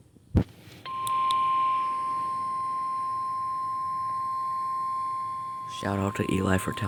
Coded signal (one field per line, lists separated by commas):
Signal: Emergency Alert System (SAME) tones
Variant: 1050 Hz attention tone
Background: speech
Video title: CENTRAL OHIO FLOODS (EAS 108-113)